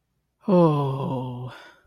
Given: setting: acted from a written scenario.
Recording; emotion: vocal sound without words; ecstasy